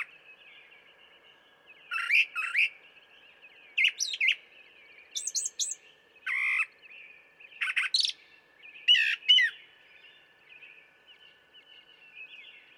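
Brown thrasher song: varied raspy and whistled phrases, most given in quick pairs, separated by short pauses, over a steady faint high hum.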